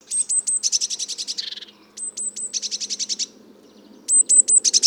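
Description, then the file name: Eurasian blue tit calls: three high, thin, hooked notes run straight into a rapid scolding churr, the whole phrase repeated three times. "Cyanistes caeruleus"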